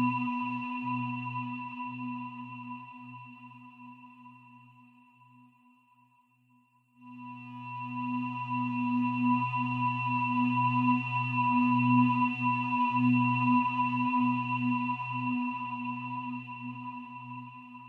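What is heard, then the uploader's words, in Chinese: A singing bowl rings with a low, steady hum and a clear, bright overtone above it, its tone slowly fading over the first seven seconds. Around seven seconds it is struck or rubbed again, swelling louder and wavering gently as it sustains to the end. 胰及DNA频率117.3-528Hz丨颂钵。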